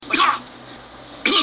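Two short, harsh cough bursts about a second apart, the second cut off at the end, with a quiet pause between them. A plain adult cough, a sound effect.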